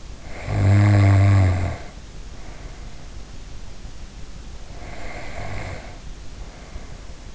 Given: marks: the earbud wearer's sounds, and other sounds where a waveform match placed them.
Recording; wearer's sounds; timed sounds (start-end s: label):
sounds in sleep by an in-ear microphone; snoring breath
0.24-3.12 s: snoring breath
4.73-7.35 s: snoring breath